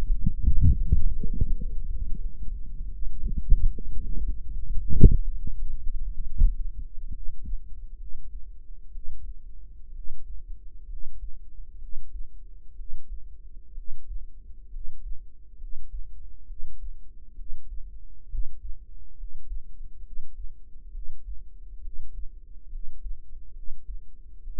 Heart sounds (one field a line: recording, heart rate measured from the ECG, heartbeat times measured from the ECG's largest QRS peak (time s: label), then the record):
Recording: heart sounds by microphone in the right ear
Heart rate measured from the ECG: 67 bpm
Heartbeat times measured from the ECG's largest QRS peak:
0.38 s: heartbeat
1.23 s: heartbeat
1.85 s: heartbeat
2.88 s: heartbeat
3.68 s: heartbeat
4.49 s: heartbeat
5.33 s: heartbeat
6.21 s: heartbeat
7.08 s: heartbeat
7.95 s: heartbeat
8.89 s: heartbeat
9.90 s: heartbeat
10.84 s: heartbeat
11.76 s: heartbeat
12.73 s: heartbeat
13.71 s: heartbeat
14.68 s: heartbeat
15.55 s: heartbeat
16.44 s: heartbeat
17.33 s: heartbeat
18.25 s: heartbeat
19.13 s: heartbeat
20.00 s: heartbeat
20.89 s: heartbeat
21.79 s: heartbeat
22.67 s: heartbeat
23.50 s: heartbeat
24.41 s: heartbeat
From the record:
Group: healthy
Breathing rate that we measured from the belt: 15 breaths a minute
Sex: female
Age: 22 years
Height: 171 cm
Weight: 65.6 kg